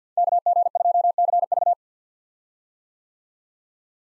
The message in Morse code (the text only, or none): KG2CV